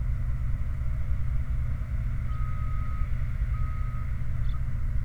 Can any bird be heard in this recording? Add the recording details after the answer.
yes. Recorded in the Prudhoe Bay oil fields, Alaska, on 29 July 2019 at 03:48. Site 29